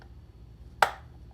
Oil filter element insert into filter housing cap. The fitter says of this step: So you're gonna put it in and push a little bit, and you'll hear it pop.